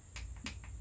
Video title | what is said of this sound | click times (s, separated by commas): How To Install A LS Oil Pump - Melling Oil Pumps | when the torque wrench clicks you know you're good now | 0.2 s, 0.5 s